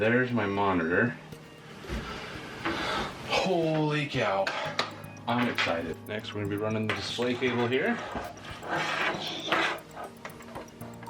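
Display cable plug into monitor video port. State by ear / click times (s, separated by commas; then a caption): not seated / none. Someone talks while handling the display cable plug for an LG 32" 4K monitor (32UL500-W), about to push it into the monitor's video input port. A few short knocks and clinks of handling are heard near the end. Nothing has seated or clicked yet.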